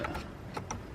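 A fuel line quick-connect fitting is clipped onto the upgraded high-pressure fuel pump of a B58 engine in an M240i (Stage 2+), with short plastic-and-metal clicks at about 0.1 s and 0.6 s. A sharper, brighter click at 0.7 s confirms the connector has seated.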